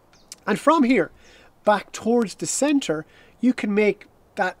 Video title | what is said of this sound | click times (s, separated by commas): How to adjust your Callaway EPIC Speed and Max driver [ALL 2021 MODELS] | will help you just lock it in with your adjustment wrench wait for the click and away you go | 0.3 s